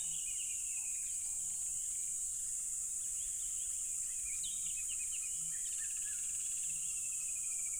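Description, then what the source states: Crickets droning in a steady shrill chorus throughout, with scattered bird chirps and twittering laid over the top. Loud crickets by a tropical river.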